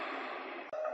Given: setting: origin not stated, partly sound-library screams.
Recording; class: one-second piece from a danger detection set; woman in danger